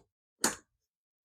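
The second LATCH connector on the other side of a Chicco Fit2 infant car seat base is pushed onto the vehicle's lower anchor. A sharp click sounds at 0.5 seconds, and its bright burst decays over about a fifth of a second, with near silence before and after. The connector is seated on the anchor, and someone talks to confirm it.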